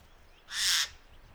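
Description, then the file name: Eurasian jay uttering a single harsh, noisy screech lasting about a third of a second. "Garrulus glandarius"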